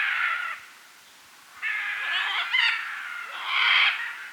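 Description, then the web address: Red-and-green macaw uttering grating, nasal squawks: one at the start, then a longer rasping call and a final harsh screech. Recorded in Bolivia and Peru. "Birds of the Amazon. Red-and-green Macaw (Ara chloroptera), Bolivia, Peru"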